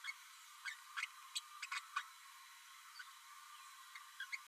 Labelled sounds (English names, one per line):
Green-rumped Parrotlet babbling